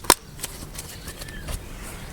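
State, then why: Seated. A plastic fan mount is lined up and pushed back into place in the radiator shroud on the radiator assembly of a 1999–2007 Skoda Fabia 1.9 PD with AC. A single sharp click at 0.1 s shows it has seated, and quieter handling taps follow around 0.4, 0.8 and 1.3 s.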